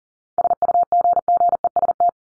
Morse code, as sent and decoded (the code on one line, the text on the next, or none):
... ..- --. --. . ... -
SUGGEST